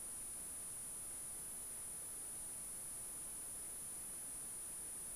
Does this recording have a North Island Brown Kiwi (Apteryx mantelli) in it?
no